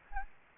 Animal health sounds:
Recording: mosquito wingbeat signal from an infrared sensor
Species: Anopheles gambiae

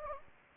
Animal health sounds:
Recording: mosquito wingbeat signal from an infrared sensor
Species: Anopheles gambiae

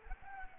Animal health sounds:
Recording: mosquito wingbeat signal from an infrared sensor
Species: Anopheles arabiensis

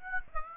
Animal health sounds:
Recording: mosquito wingbeat signal from an infrared sensor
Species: Aedes aegypti

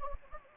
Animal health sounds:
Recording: mosquito wingbeat signal from an infrared sensor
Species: Anopheles gambiae

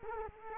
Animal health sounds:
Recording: mosquito wingbeat signal from an infrared sensor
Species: Culex quinquefasciatus

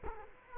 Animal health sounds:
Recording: mosquito wingbeat signal from an infrared sensor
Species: Culex quinquefasciatus

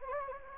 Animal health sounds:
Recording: mosquito wingbeat signal from an infrared sensor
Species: Anopheles gambiae

